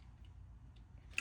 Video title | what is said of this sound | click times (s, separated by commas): Restoring My Macintosh 128/512 - Continued Repairs | So this just snaps back in place. | 1.2 s